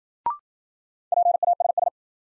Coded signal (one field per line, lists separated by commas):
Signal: Morse code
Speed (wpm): 53 wpm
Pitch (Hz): 700 Hz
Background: none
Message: PASS